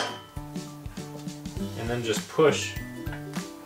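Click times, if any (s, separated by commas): none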